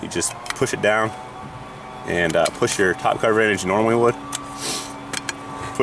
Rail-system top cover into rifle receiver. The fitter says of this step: Push down on it until it clicks in.